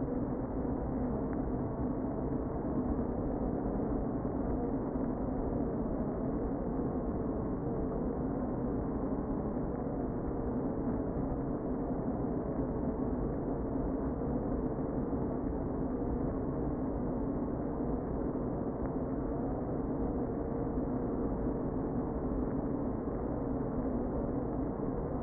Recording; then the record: honeybee colony, microphone inside the hive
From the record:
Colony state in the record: queen present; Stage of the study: before two queens were removed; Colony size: about 60,000 bees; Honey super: yes